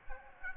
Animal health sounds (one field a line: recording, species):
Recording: mosquito wingbeat signal from an infrared sensor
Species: Aedes aegypti